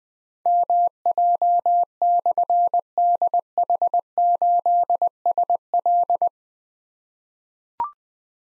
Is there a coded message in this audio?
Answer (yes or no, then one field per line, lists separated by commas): yes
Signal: Morse code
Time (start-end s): 0.5-6.3 s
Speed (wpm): 20 wpm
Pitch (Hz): 700 Hz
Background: none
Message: MJ/DH8SL